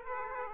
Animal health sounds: mosquito wingbeat signal from an infrared sensor; Aedes aegypti

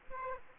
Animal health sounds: mosquito wingbeat signal from an infrared sensor; Aedes aegypti

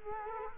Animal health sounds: mosquito wingbeat signal from an infrared sensor; Culex quinquefasciatus

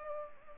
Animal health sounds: mosquito wingbeat signal from an infrared sensor; Culex pipiens

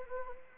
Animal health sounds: mosquito wingbeat signal from an infrared sensor; Anopheles arabiensis

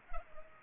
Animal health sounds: mosquito wingbeat signal from an infrared sensor; Culex pipiens

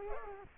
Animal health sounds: mosquito wingbeat signal from an infrared sensor; Culex quinquefasciatus

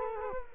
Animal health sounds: mosquito wingbeat signal from an infrared sensor; Culex quinquefasciatus

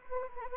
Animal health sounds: mosquito wingbeat signal from an infrared sensor; Anopheles gambiae

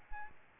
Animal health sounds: mosquito wingbeat signal from an infrared sensor; Aedes albopictus

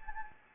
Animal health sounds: mosquito wingbeat signal from an infrared sensor; Anopheles gambiae

